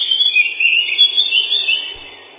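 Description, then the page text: Lesser whitethroat song, a continuous fast scratchy warble of jumbled short notes lasting about two seconds before fading, with a muffled sound. Song described as a set of twitterings, including a loud 'kle-kle-kle', ending in a dry, fast trill 'tiktiktiktik'. "Славка-завирушка, или славка-мельничек — Sylvia curruca"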